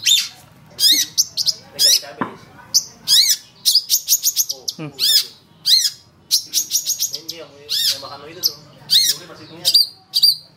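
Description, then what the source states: Long-tailed shrike song, a busy stream of sharp, high chattering and wavering whistled notes in quick bursts, with brief pauses between phrases. Used for training songbirds by bird keepers.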